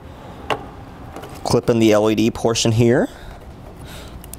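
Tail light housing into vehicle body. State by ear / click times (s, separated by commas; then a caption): seated / 4.2 s, 4.3 s. The LED portion of the plastic tail light housing on a 2016 Cadillac SRX is pressed back into the car body while someone talks. It snaps into place with two short clicks at 4.2 s and 4.3 s, and the housing seats.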